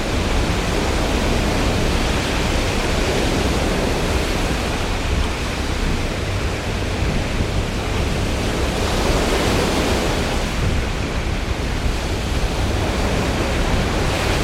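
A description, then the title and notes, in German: A stormy sea roars in a dense, unbroken wash of rushing water, with broad surges swelling around four and nine seconds over a deep rumble. Stürmische See.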